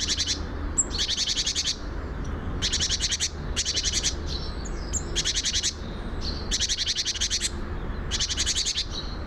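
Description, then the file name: Great tit churring call: six harsh, buzzy bursts of rapid ticking notes, each under a second, repeated steadily, with faint thin bird notes between and a low background rumble. "Parus major"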